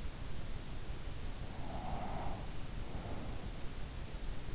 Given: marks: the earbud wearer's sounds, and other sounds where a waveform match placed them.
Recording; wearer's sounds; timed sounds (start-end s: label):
sounds in sleep by an in-ear microphone; breath
1.26-4.00 s: breath